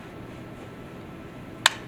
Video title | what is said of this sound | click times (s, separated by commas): Marksmanship 7 | that metallic click | 1.7 s